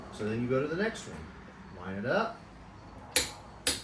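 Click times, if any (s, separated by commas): 3.2 s, 3.7 s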